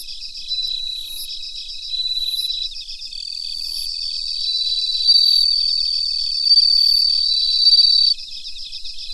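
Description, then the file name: Bell cricket singing bright, high, upward-sweeping rings about every one and a half seconds, with a continuous throbbing insect chorus and a sustained high tone. "Suzumushi Mitsukado"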